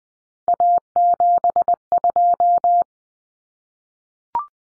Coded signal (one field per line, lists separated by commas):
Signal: Morse code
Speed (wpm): 20 wpm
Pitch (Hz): 700 Hz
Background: none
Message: A72